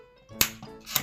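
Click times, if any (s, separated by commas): 0.4 s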